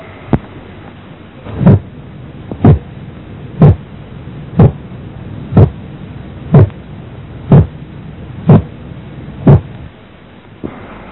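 Simulated adult heart sounds with a split second heart sound, the two components separated by 0.04 seconds.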